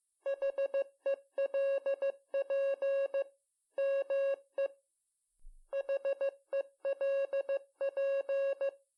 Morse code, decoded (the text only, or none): HELP ME HELP